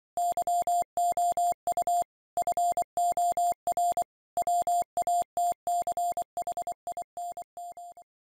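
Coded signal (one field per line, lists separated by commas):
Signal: Morse code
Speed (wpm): 24 wpm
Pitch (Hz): 700 Hz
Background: none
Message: YOU FOR WATCHINM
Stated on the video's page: HF Morse contact from a Yaesu FT-817ND bugout-bag radio at 5 watts with a commemorative station about 1400 miles away.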